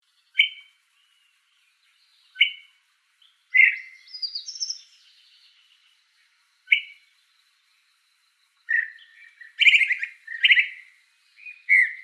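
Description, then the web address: Brown-crested flycatcher giving scattered sharp calls spaced a few seconds apart, one buzzy higher phrase, then a quicker cluster of rough, burry notes near the end. Recorded in Arizona on 17 June 2003. "Flycatchers BCFL"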